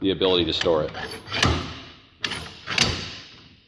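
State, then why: Seated. Someone talks while a telescoping metal tow bar extension on a towed-vehicle hookup is pushed in. Sharp metallic pops ring out at about 2.3 s and 2.8 s as the arm seats into its locked position, leaving it stiff.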